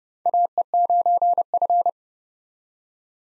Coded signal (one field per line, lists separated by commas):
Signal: Morse code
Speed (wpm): 30 wpm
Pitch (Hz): 700 Hz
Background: none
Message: AE9F